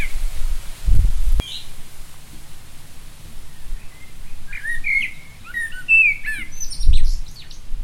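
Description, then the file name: Common blackbird calls: a quick series of thin, sharp chirps mostly in the second half, with a few dull low thumps. "Turdus merula"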